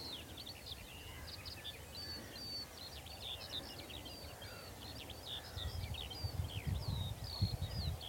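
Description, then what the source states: Skylark song, a thin, continuous flow of high chirps and warbled notes heard over a strong low rumble that grows louder toward the end. Skylark singing on a chilly, quiet hilltop in West Dorset, England; the song is thrown wide and far.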